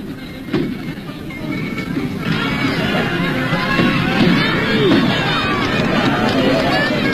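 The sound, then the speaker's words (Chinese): A large crowd cheers and laughs at a racecourse on a crisp, clear autumn day during an annual festival horse race, a dense, steady roar of many overlapping voices with shouts rising out of it, swelling louder after the first couple of seconds and holding strong. “秋高气爽，景色宜人，赛马场上聚集了很多人，大家欢呼着笑着，这是他们一年一度的节日。”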